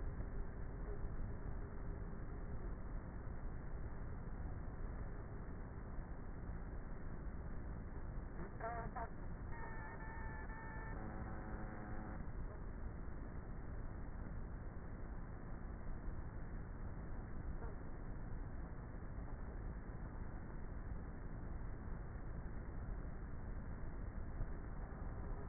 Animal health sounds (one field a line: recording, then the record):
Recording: honeybee colony, microphone inside the hive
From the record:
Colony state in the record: queenless with a low population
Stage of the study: before two queens were removed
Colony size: about 30,000 bees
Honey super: no